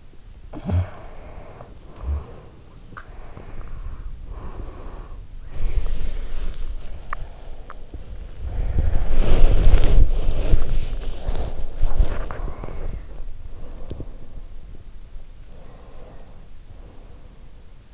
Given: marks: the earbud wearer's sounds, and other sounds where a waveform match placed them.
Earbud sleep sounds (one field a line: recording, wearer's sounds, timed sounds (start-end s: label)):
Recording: sounds in sleep by an in-ear microphone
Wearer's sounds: snoring breath, breath, body movement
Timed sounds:
0.00-2.68 s: snoring breath
2.96-7.99 s: breath
7.44-15.54 s: body movement
10.91-13.14 s: breath
14.97-17.94 s: breath